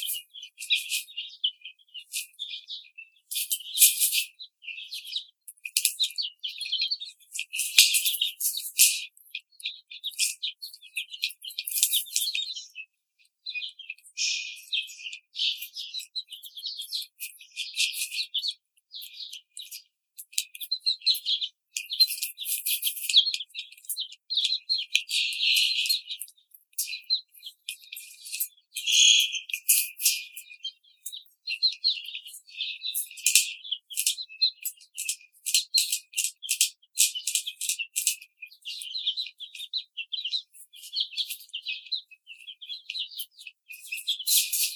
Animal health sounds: young laying hens in a cage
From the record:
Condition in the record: treatment cage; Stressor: simulated dog barking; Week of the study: 5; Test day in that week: 1

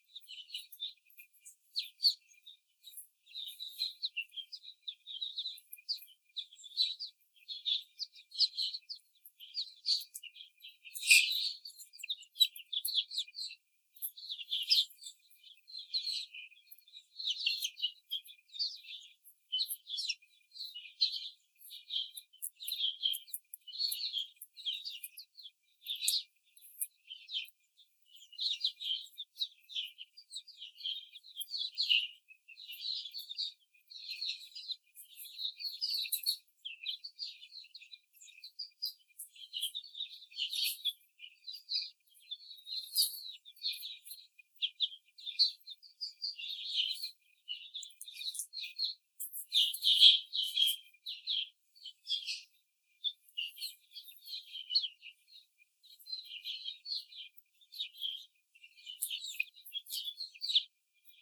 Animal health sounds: young laying hens in a cage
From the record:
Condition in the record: after the stressor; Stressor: simulated dog barking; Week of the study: 4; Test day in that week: 2

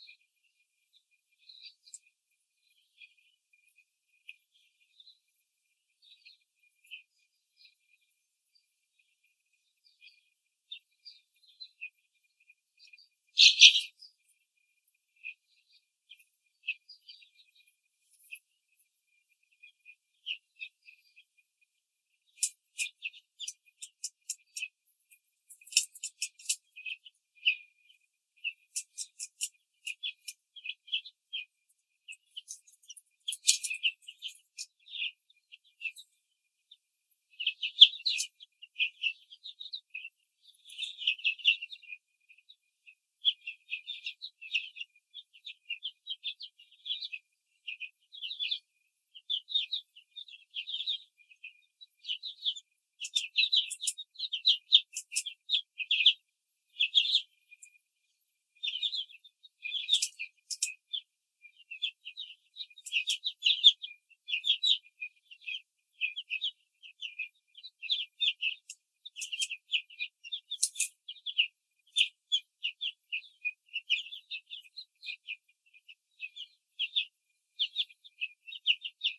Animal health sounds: young laying hens in a cage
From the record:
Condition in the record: control cage, after the stress test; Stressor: none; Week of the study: 4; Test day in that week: 3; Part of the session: 2

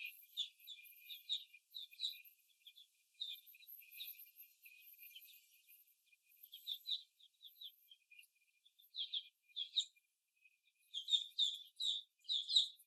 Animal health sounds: young laying hens in a cage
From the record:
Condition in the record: after the stressor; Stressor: simulated dog barking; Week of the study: 1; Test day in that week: 2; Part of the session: 4

